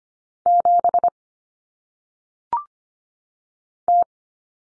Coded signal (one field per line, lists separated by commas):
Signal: Morse code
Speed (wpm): 25 wpm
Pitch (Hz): 700 Hz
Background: none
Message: 7 T